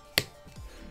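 Someone shuts the hinged lid on an earbud charging case again, and it snaps closed with a single sharp click at 0.2 s, attributed to a magnetic strip. The lid is seated closed, and the click shows the case won't accidentally open; a few faint, low rustles follow.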